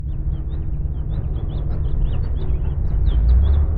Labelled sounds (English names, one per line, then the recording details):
House Finch song
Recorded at WGilgo Beach on Long Island, New York, on 22 May 1975
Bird D